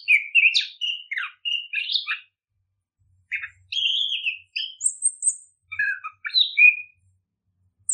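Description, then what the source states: Birdsong of rapid varied chirps and whistles, a gap of silence, then more twittering phrases and a thin high note. Chirping birdsong intended for training and tutoring favourite pet birds.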